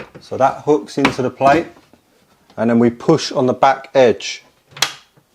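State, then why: Seated. Someone talks as a concealed kitchen door hinge is hooked onto the front of a metal cabinet mounting plate, and its back edge is pushed in. A sharp click comes at about 4.8 s, with a quick double transient at 4.8 and 4.8 s, as the hinge clips onto the plate and seats.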